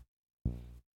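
A single deep, buzzing rumble lasts about a third of a second after a brief silence. It is very low-pitched and steady, with a gurgling drone quality. This is a big, hearty stomach growl from an adult, ordinary gut noise from gas and fluid moving through the intestines.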